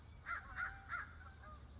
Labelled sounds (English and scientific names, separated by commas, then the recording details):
American Crow (Corvus brachyrhynchos)
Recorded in Sonoma County, California